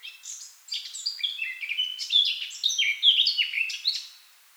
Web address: SETE Sylvia atricapilla